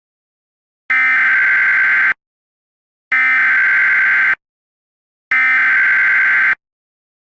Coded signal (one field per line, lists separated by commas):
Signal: Emergency Alert System (SAME) tones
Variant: header bursts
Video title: A Mini EAS Scenario 2# The CaseOh Hijack